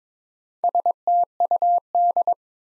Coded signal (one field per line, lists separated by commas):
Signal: Morse code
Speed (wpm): 22 wpm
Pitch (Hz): 700 Hz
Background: none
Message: STUD